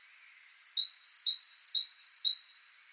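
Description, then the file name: Great tit singing a run of four sharp two-note phrases, high then slightly lower, evenly repeated about every half second over faint hiss. "Parus major"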